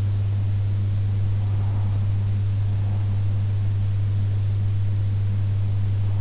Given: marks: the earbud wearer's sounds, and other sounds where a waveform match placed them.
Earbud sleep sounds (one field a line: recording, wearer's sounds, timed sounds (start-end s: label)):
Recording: sounds in sleep by an in-ear microphone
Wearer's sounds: breath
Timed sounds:
1.30-3.30 s: breath